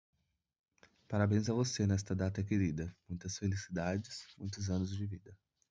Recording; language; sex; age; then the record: short text; Brazilian Portuguese; male; 20 to 29 years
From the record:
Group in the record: control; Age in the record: 25 years